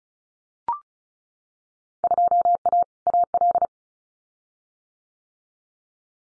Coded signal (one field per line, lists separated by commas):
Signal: Morse code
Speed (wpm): 36 wpm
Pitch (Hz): 700 Hz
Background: none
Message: 2A AL